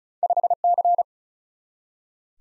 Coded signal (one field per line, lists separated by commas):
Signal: Morse code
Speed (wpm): 36 wpm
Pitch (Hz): 700 Hz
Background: none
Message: 5C